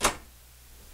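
A GMC motorhome door is slammed shut against the striker on its door frame, making one sharp, bright latch clack at 0.1 s that fades quickly into a quiet low hum. The latch catches only on its first catch and won't go to the second catch no matter how hard the door is slammed.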